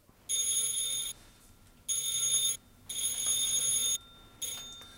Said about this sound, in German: Da drüben, Braunsteichweg 4. Sie müssen 3-mal lang und 1-mal kurz klingeln. Sonst macht er nicht auf.